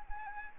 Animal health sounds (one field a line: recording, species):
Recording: mosquito wingbeat signal from an infrared sensor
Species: Anopheles arabiensis